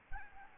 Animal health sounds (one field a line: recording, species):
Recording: mosquito wingbeat signal from an infrared sensor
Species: Aedes albopictus